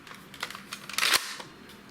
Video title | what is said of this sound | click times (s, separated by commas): Car Boot Sale, Flea Market & Auto Jumble Report 16 October 2022 | kind of lock into place like so | 1.0 s